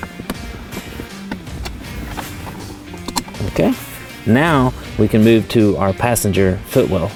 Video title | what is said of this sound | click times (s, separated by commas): 2021+ F150 INTERIOR LED CONSOLE ACCENT LIGHTING F150LEDs.com | you'll be able to push it back into place let's hear it click back in | 0.3 s, 3.2 s